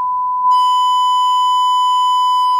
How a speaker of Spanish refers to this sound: Bueno, el pitido era yo diciendo tacos, no es un pitido que yo hiciera con la boca. Cada cual peor, o sea, se quedó el pitido constante ya.